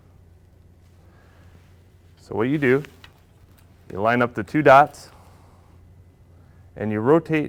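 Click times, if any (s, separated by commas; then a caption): none. An interchangeable lens is held to a camera body mount, and its alignment dot is lined up with the dot on the body before it is rotated to lock. Someone talks in short bursts over a low steady hum, with one brief soft sound near 3.0 s. The lens has not yet been rotated, and nothing has seated or clicked yet.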